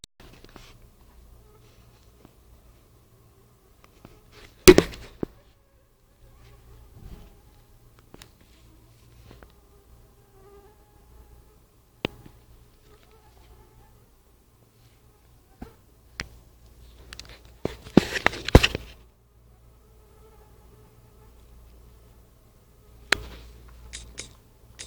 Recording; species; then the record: mosquito flight sound by mobile phone; Anopheles freeborni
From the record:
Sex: mixed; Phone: Nokia 5235